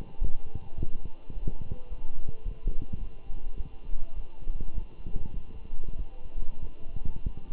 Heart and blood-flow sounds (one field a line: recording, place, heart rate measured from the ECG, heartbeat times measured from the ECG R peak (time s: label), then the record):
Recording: heart sounds by stethoscope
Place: between the tricuspid and mitral areas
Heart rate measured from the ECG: 102 bpm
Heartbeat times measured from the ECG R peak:
0.20 s: heartbeat
0.77 s: heartbeat
1.33 s: heartbeat
1.89 s: heartbeat
2.45 s: heartbeat
3.00 s: heartbeat
3.57 s: heartbeat
4.15 s: heartbeat
4.73 s: heartbeat
5.34 s: heartbeat
5.98 s: heartbeat
6.62 s: heartbeat
7.25 s: heartbeat
From the record:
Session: walking at 3.7 km/h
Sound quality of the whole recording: good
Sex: male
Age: 24 years